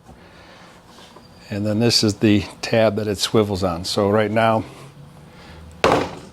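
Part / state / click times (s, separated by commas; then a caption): plastic fan grill latch tab into roof vent frame / seated / 5.8 s. The plastic fan grill latch tab on a roof vent frame is swung on its swivel tab and latched. Someone talks from about 1.5 to 4.6 seconds, then a single loud, sharp click at 5.8 seconds seats the tab, and the grill is secure.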